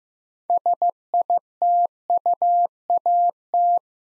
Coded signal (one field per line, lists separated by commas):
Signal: Morse code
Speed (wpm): 15 wpm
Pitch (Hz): 700 Hz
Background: none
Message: SITUAT